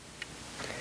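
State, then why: Seated. A plastic toy disc is pushed onto the small central hub of a Black Box Morpher toy and snaps into place, giving one small, sharp click at 0.2 s. After the click, soft, faint rustling continues over low background noise.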